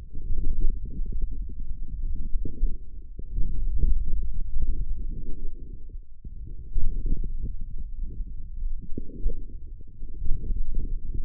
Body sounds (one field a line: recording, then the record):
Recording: forearm muscle sounds (acoustic myography)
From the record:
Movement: forearm supination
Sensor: system 1, eight BSWA MPA416 microphones around the upper forearm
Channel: 5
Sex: male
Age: 41 years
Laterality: right